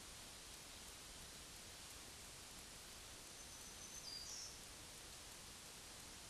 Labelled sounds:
Black-throated Green Warbler song

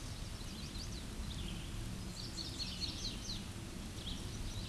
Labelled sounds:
Chestnut-sided Warbler song

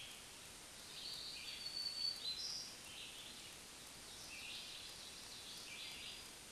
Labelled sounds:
Black-throated Green Warbler song

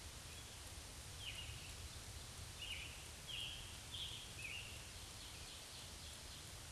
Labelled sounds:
Scarlet Tanager song

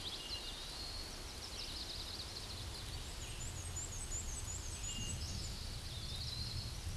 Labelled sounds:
Black-and-white Warbler song

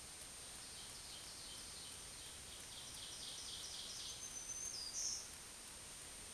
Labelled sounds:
Black-throated Green Warbler song

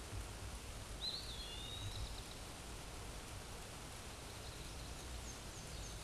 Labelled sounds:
Eastern Wood-Pewee song

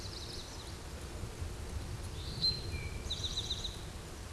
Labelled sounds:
Eastern Towhee song

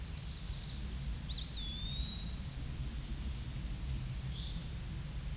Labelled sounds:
Eastern Wood-Pewee song

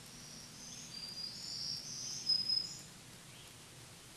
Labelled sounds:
Black-throated Green Warbler song

